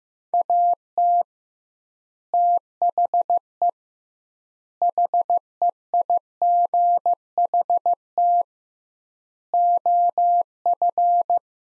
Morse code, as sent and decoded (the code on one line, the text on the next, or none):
.- - / - .... . / .... . .. --. .... - / --- ..-.
AT THE HEIGHT OF